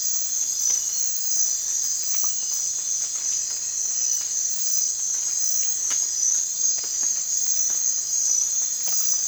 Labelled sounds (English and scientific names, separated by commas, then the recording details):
none
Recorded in dense forest near Puerto Asís, Putumayo, Colombia, on 25 June 2025 at 03:00
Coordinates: 0.468, -76.322
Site GP03